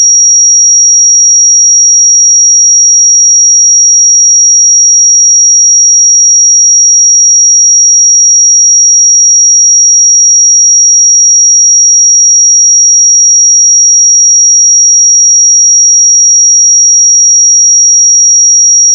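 A pure sine tone at 5681 Hz holds perfectly steady for the full nineteen seconds. It is a single thin, bright, piercing pitch at constant loudness, with no wavering, breaks or background sound, and it cuts off abruptly at the very end.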